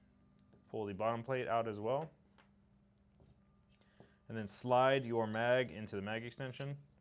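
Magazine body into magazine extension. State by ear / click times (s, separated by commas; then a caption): not seated / none. Someone talks while working on a magazine: the bottom plate has been pulled out, and the magazine body is about to be slid into a magazine extension. Only the voice and a few faint ticks of handling are heard, and nothing has seated or clicked yet.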